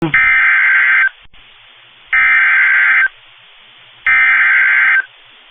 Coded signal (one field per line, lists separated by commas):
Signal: Emergency Alert System (SAME) tones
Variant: header bursts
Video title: Severe Thunderstorm Warning (Bailey and Lamb Counties, TX) (4/25/25) [EAS #149]